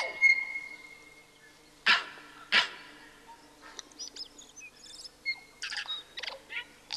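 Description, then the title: Tui song: a thin sustained whistle, then two loud rasping bursts, followed by scattered clicks, chuckles and brief wheezy notes. "Tui sings"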